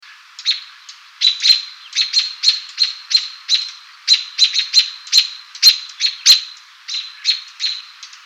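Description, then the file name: American robin whisk calls: many short, thin, high notes in a quick, somewhat irregular series against a quiet background. Nocturnal flight calls (whisks). "AMRO whisks"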